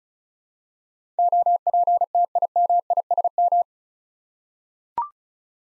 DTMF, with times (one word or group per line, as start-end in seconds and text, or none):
none